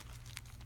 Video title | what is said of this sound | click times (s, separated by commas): 30-2 Changing an Ostomy Appliance | snaps into place like this so | 0.4 s